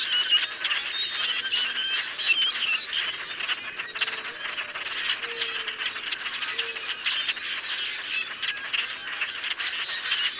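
Common grackles in a noisy chorus of rapid squeaking, creaking and clicking notes, plus several brief low hooting tones midway.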